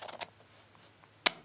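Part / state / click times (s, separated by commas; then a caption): dual-action bottom switch into a mechanical mod tube / seated / 1.3 s. A battery is pushed down into the tube of a Praxis mechanical mod, pressing the dual-action bottom switch home. After some soft taps and rustling in the first 0.3 seconds and a faint tick near 1.0 seconds, a sharp metallic click at 1.3 seconds marks the bottom switch locking into place.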